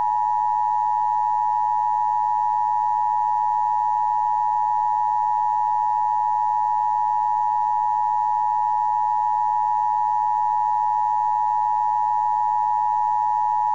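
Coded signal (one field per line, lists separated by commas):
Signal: Emergency Alert System (SAME) tones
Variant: 853 and 960 Hz attention tone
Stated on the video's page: EAS monthly test.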